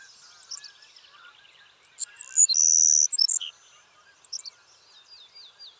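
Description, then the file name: Savannah sparrow song: soft ticking notes, then sharp chips leading into a strong high buzz, followed by quieter slurred notes. "Passerculus sandwichensis - Savannah Sparrow"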